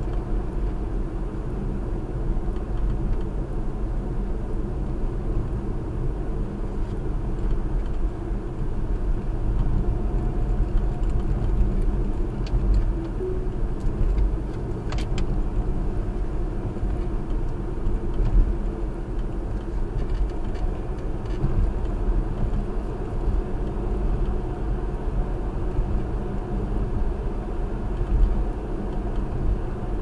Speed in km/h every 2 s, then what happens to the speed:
60, 58, 60, 61, 63, 63, 60, 61, 60, 61, 68, 71, 71, 71, 69.
0-17 steady at about 60. 17-21 speeds up to 71. 21-30 steady at about 71.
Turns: none.